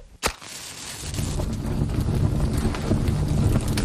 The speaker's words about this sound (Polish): Poproszę teraz mojego wydawcę Łukasza Ciechańskiego o dźwięk płonącego ogniska w tle.